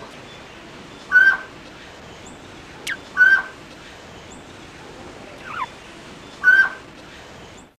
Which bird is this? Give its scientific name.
Oreortyx pictus